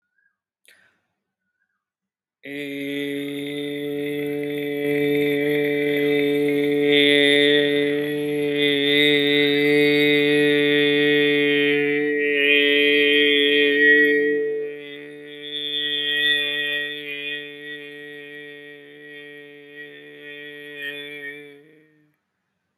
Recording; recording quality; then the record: sustained vowel as in made; excellent, no background noise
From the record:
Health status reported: healthy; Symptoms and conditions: none ticked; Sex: male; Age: 36 years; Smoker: not ticked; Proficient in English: yes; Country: India